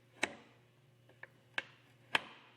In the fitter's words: has positive stops you'll hear the click at